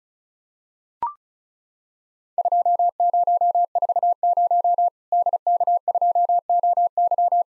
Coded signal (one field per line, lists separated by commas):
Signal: Morse code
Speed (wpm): 36 wpm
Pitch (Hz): 700 Hz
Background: none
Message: 2040 DK2OY